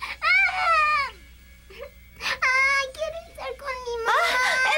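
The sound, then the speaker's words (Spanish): A baby cries in three loud, wavering wails, each rising and falling in pitch, with short gasping pauses and a small whimper between them. “Aunque ellos no puedan hablar, los bebés sienten muchas cosas. Igual que los adultos, pero es difícil adivinar por qué lloran y ese es un problema.”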